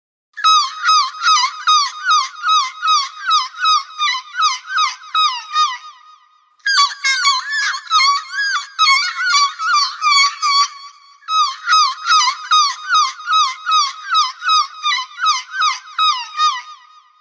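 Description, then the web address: Gull calls: a rapid run of harsh, nasal repeated notes delivered in three long bursts with short breaks between them. "Ian Hubball Seagulls"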